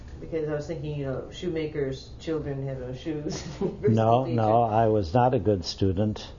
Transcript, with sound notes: Because I was thinking, you know, shoemaker's children have no shoes. ( she laughs )
No, no. I was not a good student.